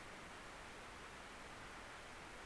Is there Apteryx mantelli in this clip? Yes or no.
no